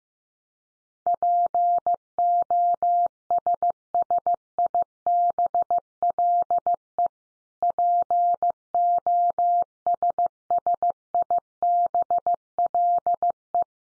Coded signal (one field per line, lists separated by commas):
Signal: Morse code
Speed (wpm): 15 wpm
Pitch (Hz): 700 Hz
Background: none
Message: POSSIBLE POSSIBLE